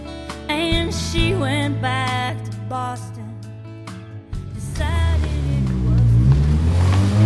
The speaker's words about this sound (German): So, mit diesem tollen Sound sind wir zurück aus der Pause. So hört sich an, wenn man ganz gezielt Löcher in den Auspuff bohrt. Genau. Habe ich als Jugendlicher auch gemacht.